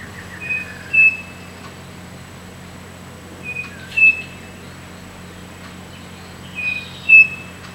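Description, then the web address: Bird calling with brief, thin whistled notes, some flat and some descending, in a few separated bursts over a steady background hiss and low hum. "BIRD 2015 SABIOD 50 bird 2015"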